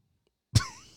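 A single abrupt, low, throaty cough burst with a rough tail: an adult imitating a phlegmy cough, the kind of cough of someone coughing on other people in a grocery store.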